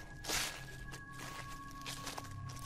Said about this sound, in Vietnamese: Tiếng bước chân của bác cổ đi ấy nhưng lạo xạo, ở đằng sau lưng dường như có tiếng bước chân khác đang đi theo mình vậy.